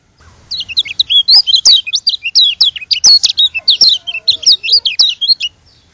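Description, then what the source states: White-eye song: an energetic run of rapid, high, flicking chirps and whistles, continuous for about five seconds. From Lombok.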